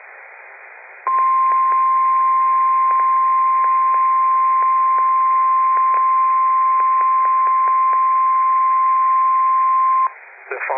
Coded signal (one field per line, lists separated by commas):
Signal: Emergency Alert System (SAME) tones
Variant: 1050 Hz attention tone